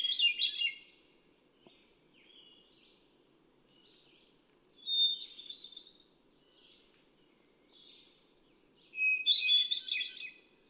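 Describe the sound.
Hermit thrush singing three fluty phrases about every four to five seconds, with shimmering trills and softer notes between.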